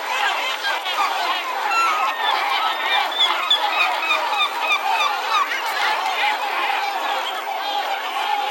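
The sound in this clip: Gulls calling in a dense, noisy chorus, many overlapping harsh cries running continuously throughout.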